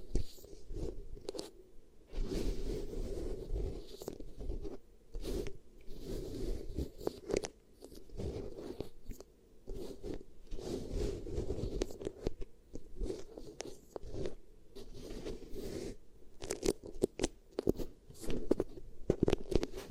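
Beeswax pressed and worked against the ear makes dense, continuous crackling and squishing, with sharper crunchy snaps clustering near the end.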